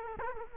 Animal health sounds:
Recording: mosquito wingbeat signal from an infrared sensor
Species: Culex quinquefasciatus

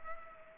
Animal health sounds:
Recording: mosquito wingbeat signal from an infrared sensor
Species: Culex pipiens

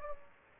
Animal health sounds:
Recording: mosquito wingbeat signal from an infrared sensor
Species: Aedes aegypti

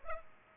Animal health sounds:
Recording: mosquito wingbeat signal from an infrared sensor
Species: Culex pipiens

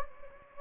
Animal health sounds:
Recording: mosquito wingbeat signal from an infrared sensor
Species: Anopheles gambiae

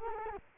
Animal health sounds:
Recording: mosquito wingbeat signal from an infrared sensor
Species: Culex quinquefasciatus

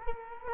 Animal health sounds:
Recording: mosquito wingbeat signal from an infrared sensor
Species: Culex quinquefasciatus

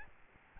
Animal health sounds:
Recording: mosquito wingbeat signal from an infrared sensor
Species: Aedes albopictus

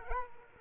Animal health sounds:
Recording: mosquito wingbeat signal from an infrared sensor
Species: Culex quinquefasciatus

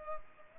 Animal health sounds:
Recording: mosquito wingbeat signal from an infrared sensor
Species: Culex pipiens

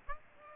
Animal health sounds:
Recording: mosquito wingbeat signal from an infrared sensor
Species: Aedes aegypti

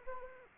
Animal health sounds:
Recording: mosquito wingbeat signal from an infrared sensor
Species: Anopheles arabiensis

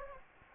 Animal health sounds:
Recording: mosquito wingbeat signal from an infrared sensor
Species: Anopheles gambiae

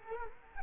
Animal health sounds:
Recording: mosquito wingbeat signal from an infrared sensor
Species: Culex quinquefasciatus

